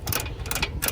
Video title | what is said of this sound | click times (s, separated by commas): Attempting to Tow a Car With My 220,000 Mile Tahoe! | So we tighten this down, you'll hear it click, | 0.1 s, 0.5 s, 0.6 s